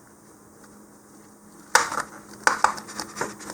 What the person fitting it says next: make sure you hear that kind of a double click there.